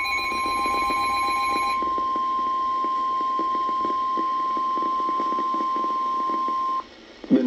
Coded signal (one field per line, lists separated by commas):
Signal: Emergency Alert System (SAME) tones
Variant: 1050 Hz attention tone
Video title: EAS #729 Severe Thunderstorm Warning